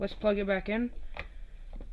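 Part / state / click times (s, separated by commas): battery connector into handheld game console / not seated / none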